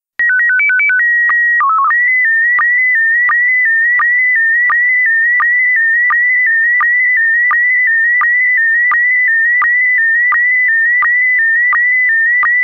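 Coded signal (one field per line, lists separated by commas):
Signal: SSTV (slow-scan television)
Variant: PD 90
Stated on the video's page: SSTV image sent in PD90 mode.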